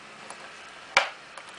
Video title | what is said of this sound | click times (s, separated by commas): замена лампы противотуманной фары на авео | до щелчка. Вот так вот закрыто. | 1.0 s